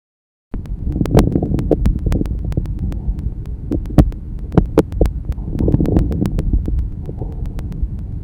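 Dozens of brief, sharp popping clicks, scattered irregularly over a low rumbling breath background, roughly thirty in eight seconds. These are crackling (crepitant) rales, discontinuous lung sounds from small airways snapping open or from fluid in the air spaces.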